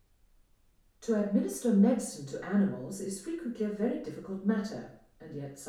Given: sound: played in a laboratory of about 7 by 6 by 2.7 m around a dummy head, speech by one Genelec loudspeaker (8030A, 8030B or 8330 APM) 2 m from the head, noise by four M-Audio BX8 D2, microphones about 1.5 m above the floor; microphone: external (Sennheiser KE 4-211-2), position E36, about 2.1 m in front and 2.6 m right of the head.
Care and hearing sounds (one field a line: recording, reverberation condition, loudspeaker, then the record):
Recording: female speech in English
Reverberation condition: medium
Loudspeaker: 60 degrees to the left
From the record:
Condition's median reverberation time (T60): about 510 ms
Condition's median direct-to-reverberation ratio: about -0.5 dB